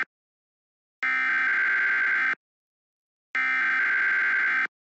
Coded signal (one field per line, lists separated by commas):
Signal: Emergency Alert System (SAME) tones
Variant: header bursts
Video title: Unkown entity found footage (eas from @noodledog3598 )